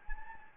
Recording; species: mosquito wingbeat signal from an infrared sensor; Anopheles gambiae